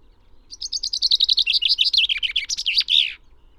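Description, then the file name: Common chaffinch delivering a single bright song, a cascading series of rapid notes dropping in pitch before a final emphatic twist. "Fringilla coelebs"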